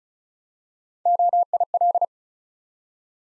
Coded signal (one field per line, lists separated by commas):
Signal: Morse code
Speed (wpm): 36 wpm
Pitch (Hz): 700 Hz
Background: none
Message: OIL